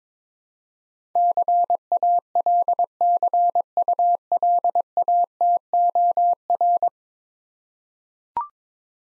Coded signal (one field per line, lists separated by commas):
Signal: Morse code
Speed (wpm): 22 wpm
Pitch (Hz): 700 Hz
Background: none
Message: CALCULATOR